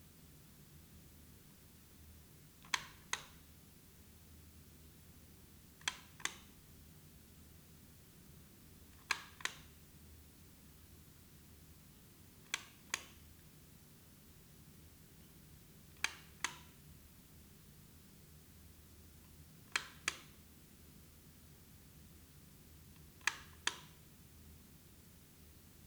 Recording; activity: daily activity, guitar pickup as the sensor; operate light